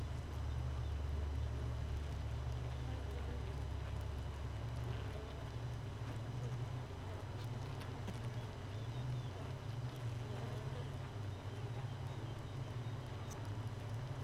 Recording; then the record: honeybee colony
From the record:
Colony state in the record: missing queen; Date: 31 May 2018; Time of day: 4:40